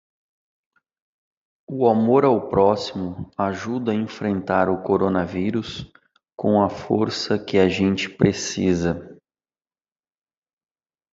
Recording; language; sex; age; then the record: spoken sentence; Brazilian Portuguese; male; 30 to 39 years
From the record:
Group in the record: control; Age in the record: 37 years